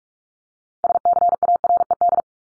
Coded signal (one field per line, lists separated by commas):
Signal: Morse code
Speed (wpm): 44 wpm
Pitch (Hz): 700 Hz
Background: none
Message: SCARED